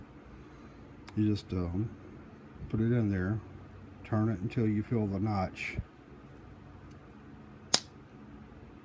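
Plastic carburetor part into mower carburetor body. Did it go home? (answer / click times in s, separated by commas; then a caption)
yes / 7.7 s. A plastic carburetor part on a Murray push mower that won't start is inserted into the carburetor body and turned until it drops into its notch, while someone talks. A single sharp click at 7.7 s marks the part seating in its notch.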